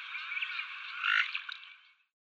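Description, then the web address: Purple swamphen call: a single hoarse, nasal squawk that swells in the middle and then fades away over about two seconds. "Schulze Peter Purple Swamphen"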